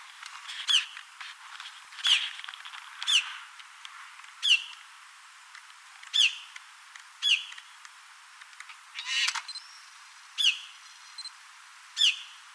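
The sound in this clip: Bird calls: a series of sharp, high, down-slurred chirps repeated every second or two over a light background hiss.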